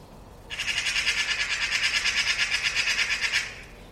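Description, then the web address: Bird producing one sustained, harsh, buzzy rattle lasting about three seconds, pulsing rapidly and evenly throughout. "cianscape birddata Deverinetal"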